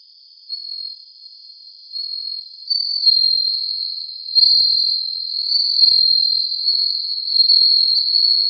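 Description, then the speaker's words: Bell cricket song: a steady, high ringing trill that runs without a break, growing louder unevenly over the stretch. Sings on the ground; often confused with the green tree cricket. "次はスズムシの鳴き声をお聞きください。"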